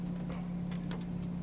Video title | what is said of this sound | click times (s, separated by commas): LSA Caprice PPV - Maintenance, Tuning, Menards | There you go. Make sure you hear that click. | 0.9 s